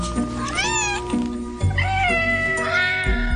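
A cat meows several times in a row, drawn-out, wavering high-pitched cries that rise and fall, over a steady low rumbling background.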